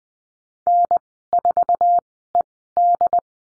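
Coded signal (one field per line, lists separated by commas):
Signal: Morse code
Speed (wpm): 20 wpm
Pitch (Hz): 700 Hz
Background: none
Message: N4ED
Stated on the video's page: Morse code course lesson drill at Farnsworth spacing, 20 wpm characters at 10 wpm overall, practising numbers and call signs.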